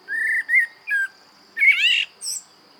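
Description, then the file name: Common blackbird song with mellow whistled notes, then a rich warbled phrase and a thin high squeak at the end. "Turdus merula"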